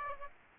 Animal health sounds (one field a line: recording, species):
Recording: mosquito wingbeat signal from an infrared sensor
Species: Aedes aegypti